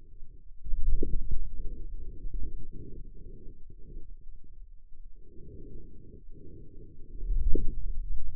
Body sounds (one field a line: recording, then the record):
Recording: forearm muscle sounds (acoustic myography)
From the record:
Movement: hand closing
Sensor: system 2, bracelet of six BSWA MPA416 microphones around the upper forearm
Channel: 5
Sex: male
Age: 22 years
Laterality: right